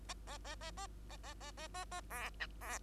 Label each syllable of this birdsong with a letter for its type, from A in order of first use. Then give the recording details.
A A A A A A A A A A A B C B. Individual Bird2